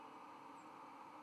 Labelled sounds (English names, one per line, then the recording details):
White-throated Sparrow flight call
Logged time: 01:09 on 31 October 2014